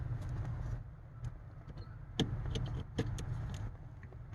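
A plastic wiring harness connector is pushed onto a new ignition starter switch in the steering column of a Nissan Frontier pickup. Over a steady low rumble, a sharp, loud, short snap at 2.2 s marks the connector locking in, followed by a few fainter ticks and handling sounds. The connector is seated.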